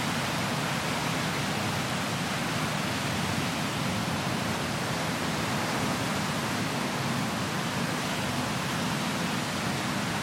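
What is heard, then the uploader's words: Wind and waves form a dense, unbroken rush that holds steady for the full ten seconds, with no distinct breakers or gusts standing out. The sound is full across lows and highs, with a slightly fluttering low roar underneath a bright hiss. Paphos Mediterranean Sea. It captured the sound of the wind and waves near an ancient burial site.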